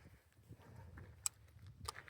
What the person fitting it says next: Hear that click?